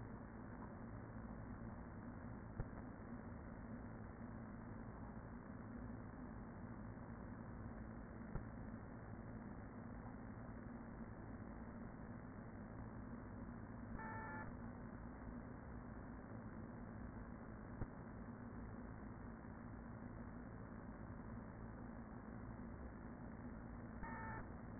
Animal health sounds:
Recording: honeybee colony, microphone inside the hive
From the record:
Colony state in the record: queen present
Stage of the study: after two queens were removed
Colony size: about 40,000 bees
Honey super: no

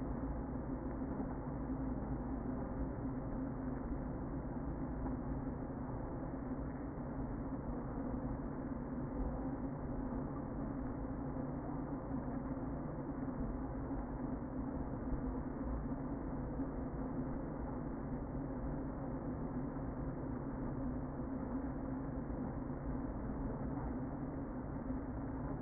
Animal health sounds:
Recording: honeybee colony, microphone inside the hive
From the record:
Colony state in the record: queen present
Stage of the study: before two queens were removed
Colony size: about 60,000 bees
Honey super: yes

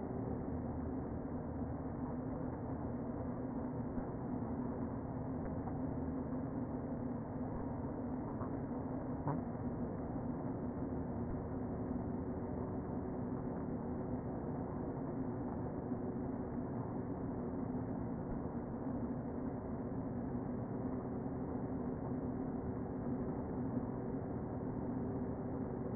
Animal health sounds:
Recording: honeybee colony, microphone inside the hive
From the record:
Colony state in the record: queen present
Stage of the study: before two queens were removed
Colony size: about 60,000 bees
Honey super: yes

